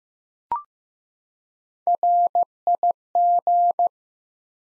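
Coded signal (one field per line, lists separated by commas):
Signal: Morse code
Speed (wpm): 15 wpm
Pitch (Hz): 700 Hz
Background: none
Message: RIG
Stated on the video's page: Morse code QSO elements sent at 15 wpm for head-copy practice, each sent, then spoken, then sent again.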